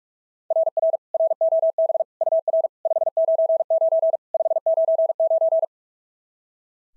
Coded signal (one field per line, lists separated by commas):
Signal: Morse code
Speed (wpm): 42 wpm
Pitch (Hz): 660 Hz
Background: none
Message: RR ROB UR 599 599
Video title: SOTA QSO Practice 45wpm